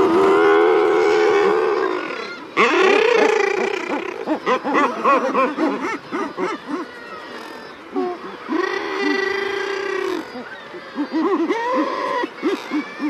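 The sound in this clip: Common murre calls, loud drawn-out moaning growls alternating with bursts of rapid, overlapping rough notes from many birds in a busy chorus.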